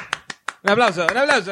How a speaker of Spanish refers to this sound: Un aplauso.